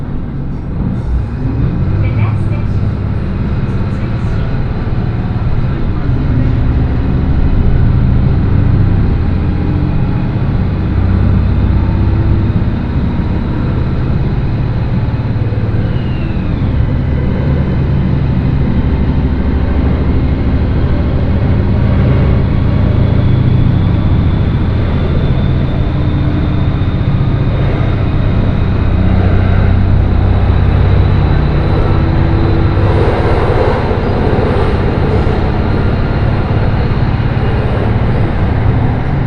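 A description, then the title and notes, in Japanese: A train ride on the Echigo Tokimeki Railway, heard as a steady, dense low rumble that hums and drones without pause for the whole stretch. Deep tones drift slowly up and down with the running speed, and a faint higher whine and light rattles sit above. 耳で楽しむ鉄道旅 えちごトキめき鉄道 高田→直江津→糸魚川。ディーゼルカー1両で足りてしまいます。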